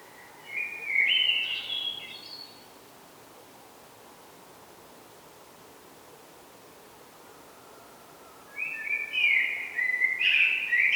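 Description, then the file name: Common blackbird singing two warbled phrases separated by a long silence, each mellow and fluty with scratchy high notes mixed in. "Turdus merula"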